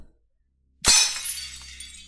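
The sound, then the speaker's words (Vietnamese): After a moment of silence, something suddenly crashes and shatters, a loud bright burst of breaking glass that trails off into scattered tinkling fragments. “Có tiếng đổ vỡ làm cả bọn giật mình hoảng hốt.”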